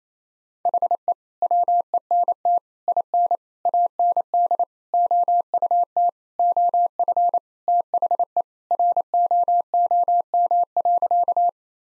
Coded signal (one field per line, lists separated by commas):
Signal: Morse code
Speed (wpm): 27 wpm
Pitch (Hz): 700 Hz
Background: none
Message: HE WENT IN AND OUT OF THE ROOM.